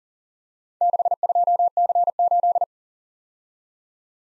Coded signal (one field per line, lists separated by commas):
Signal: Morse code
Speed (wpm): 47 wpm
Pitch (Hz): 700 Hz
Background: none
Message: 62C8